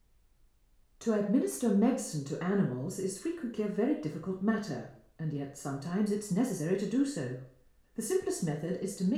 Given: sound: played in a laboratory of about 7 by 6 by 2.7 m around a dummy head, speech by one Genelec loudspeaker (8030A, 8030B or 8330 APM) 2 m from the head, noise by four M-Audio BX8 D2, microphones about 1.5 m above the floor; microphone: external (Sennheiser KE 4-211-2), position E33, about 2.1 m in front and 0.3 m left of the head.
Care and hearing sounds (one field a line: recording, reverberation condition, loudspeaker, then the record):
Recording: female speech in English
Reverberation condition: medium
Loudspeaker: 30 degrees to the left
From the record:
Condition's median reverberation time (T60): about 510 ms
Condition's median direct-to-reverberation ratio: about -0.5 dB